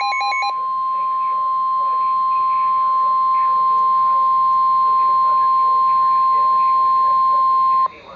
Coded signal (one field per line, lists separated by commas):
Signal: Emergency Alert System (SAME) tones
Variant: 1050 Hz attention tone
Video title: Real NOAA Weather Radio EAS Alerts #188 and #189